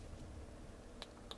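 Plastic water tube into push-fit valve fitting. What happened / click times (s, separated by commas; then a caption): The tube clicked into the push-fit fitting / 1.0 s, 1.3 s. A plastic water filter tube is pushed into a push-fit valve fitting under the sink, and it seats with sharp clicks at 1.0 s and 1.3 s. The clicks stand out over a low, steady background.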